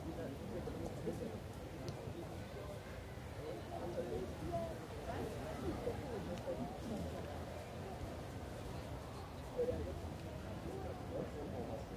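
People pass by in a busy city park, their overlapping fragments of conversation blending into a dense, steady murmur that stays low and warm throughout. No single voice stands out for long, and a brief, slightly louder moment comes near the ten-second mark.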